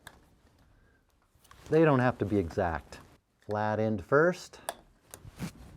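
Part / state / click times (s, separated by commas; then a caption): anti-lift clip into the top of a sliding patio door frame / seated / 5.1 s. Someone talks while a small anti-lift clip from a sliding glass patio door, which keeps the door from being lifted out, is pushed flat end first into the top of the door frame. A sharp snap at 5.1 seconds marks the clip seating in place.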